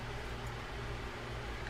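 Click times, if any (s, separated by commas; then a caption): none. The level wind pawl sits too proud in the line guide of an Abu Ambassadeur 6600CB round baitcasting reel, so pressure is held on it while the metal worm gear is turned to bring it into position. Only a steady low hum and faint noise are heard, with a brief soft tick at the very end around 1.7 s. The pawl has not seated yet.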